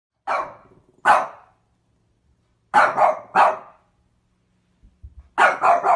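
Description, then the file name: Dog giving barks singly and in quick runs of three, with a faint low rustle before the final run. Cute dog barking. "Tieng cho sua de thuong dang yeu"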